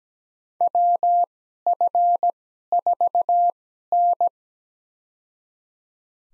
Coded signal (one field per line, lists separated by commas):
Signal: Morse code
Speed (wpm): 17 wpm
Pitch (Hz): 700 Hz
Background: none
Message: WF4N